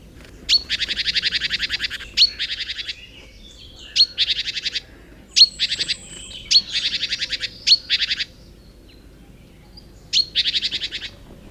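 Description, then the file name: Great tit harsh churring calls, each opening with a sharp high note then a fast buzzy rattle, repeated in bursts every second or two over quiet background. "Parus major"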